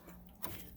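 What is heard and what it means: A wiring connector is plugged back onto the new start button of a Whirlpool washing machine. It gives a faint click at 0.3 s and a louder, sharper click at 0.4 s over a low steady hum. The connector seats fully.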